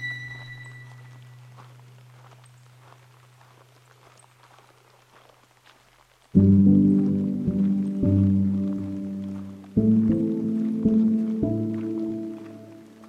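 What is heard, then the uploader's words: On the Patricia Lake Loop Trail below Pyramid Mountain, a low hum fades slowly over the first six seconds. Then a loud, steady, horn-like chord of several stacked tones starts abruptly, breaking briefly and resuming around eight, ten and eleven seconds. Soundwalk Season 3: The Canadian Rockies. In Jasper, AB Canada at the foot of Pyramid Mountain on the Patricia Lake Loop Trail.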